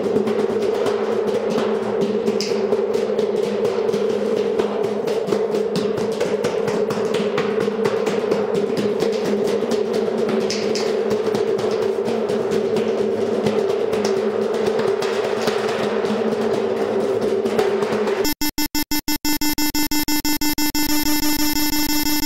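Drumming on satellite dishes: a dense, constant clatter of rapid metallic hits over a steady ringing hum with a strong low-mid tone. Near eighteen seconds the sound abruptly breaks into choppy stutters and gaps, then settles into a thin, even drone.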